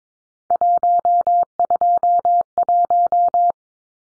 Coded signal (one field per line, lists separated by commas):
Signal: Morse code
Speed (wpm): 22 wpm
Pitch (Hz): 700 Hz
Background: none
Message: 121